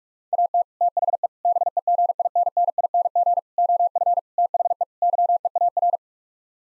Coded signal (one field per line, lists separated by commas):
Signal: Morse code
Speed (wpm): 42 wpm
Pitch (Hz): 700 Hz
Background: none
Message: AT THE BEGINNING OF THE YEAR